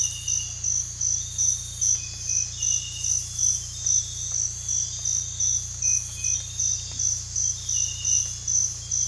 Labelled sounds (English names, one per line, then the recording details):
none
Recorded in dense forest near Puerto Asís, Putumayo, Colombia, on 18 December 2024 at 05:00
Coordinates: 0.467, -76.328
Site GP05